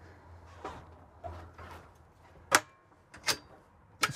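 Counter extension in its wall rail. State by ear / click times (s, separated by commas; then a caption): seated / 4.0 s. In a 2023 Winnebago Solis 59P Pop Top van, the add-on counter extension is pushed back along its wall rail to its stowed position. Over a low hum, soft sliding shuffles and sharp clacks at about 2.5 and 3.3 seconds lead to a crisp click at 4.0 seconds. The extension is confirmed locked in place.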